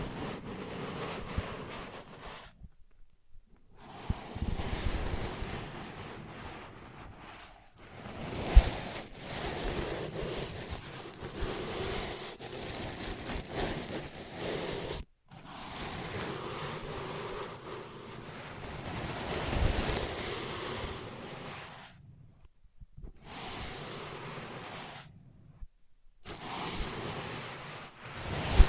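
ASMR ear pad sounds of rubbing, scratching and tracing, a dense muffled rustling that swells and fades, broken by abrupt silences near 3, 15, 23 and 26 seconds.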